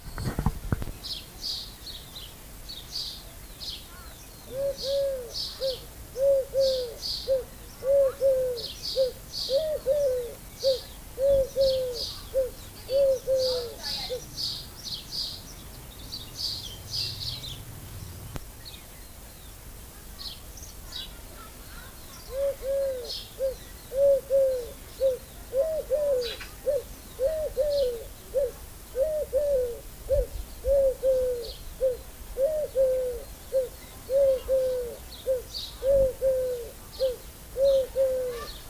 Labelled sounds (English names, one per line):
Eurasian Collared Dove song